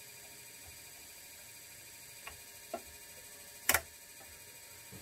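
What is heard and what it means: A second RAM memory module is pushed into its motherboard DIMM slot during a memory upgrade on a Dell Optiplex 3010 Small Form Factor. After a couple of faint ticks, a sharp double snap comes at 3.7 s and 3.7 s as the module latches. The module is seated.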